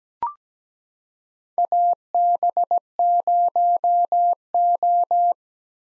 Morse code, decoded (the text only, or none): AB0O